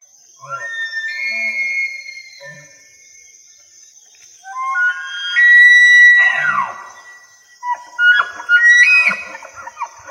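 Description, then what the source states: Elk bugling: a whistled note, then a long, loud, high whistle that slides down, and a final squealing whistle. A steady high tone sits in the background. Bugling, recorded in 2020.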